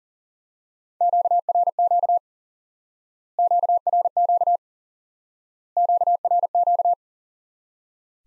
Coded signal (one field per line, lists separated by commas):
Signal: Morse code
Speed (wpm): 40 wpm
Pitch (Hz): 700 Hz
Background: none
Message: QRQ QRQ QRQ